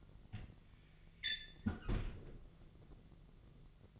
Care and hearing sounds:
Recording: daily activity, microphone in the room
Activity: close fridge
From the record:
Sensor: 4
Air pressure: 1000.9 hPa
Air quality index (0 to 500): 132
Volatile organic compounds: 2 ppm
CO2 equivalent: 983 ppm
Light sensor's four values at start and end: 26/61/26/28 and 29/71/30/32

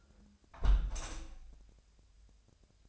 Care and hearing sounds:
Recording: daily activity, microphone in the room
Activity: close window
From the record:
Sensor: 2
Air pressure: 1014.8 hPa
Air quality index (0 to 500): 78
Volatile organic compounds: 2 ppm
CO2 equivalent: 1028 ppm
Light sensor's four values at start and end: 8/19/8/8 and 8/19/8/8

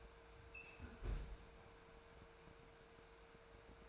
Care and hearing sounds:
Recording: daily activity, microphone in the room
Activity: close fridge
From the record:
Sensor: 2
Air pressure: 1014.7 hPa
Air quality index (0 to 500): 189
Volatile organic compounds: 15 ppm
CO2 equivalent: 2501 ppm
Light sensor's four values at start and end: 9/23/9/10 and 9/23/9/10

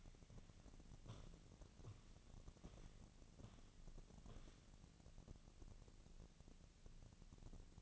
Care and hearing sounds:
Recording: daily activity, microphone in the room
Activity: walk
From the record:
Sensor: 4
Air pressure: 1013.0 hPa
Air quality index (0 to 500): 173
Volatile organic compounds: 2 ppm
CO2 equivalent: 1094 ppm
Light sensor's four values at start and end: 67/165/70/74 and 67/165/70/74

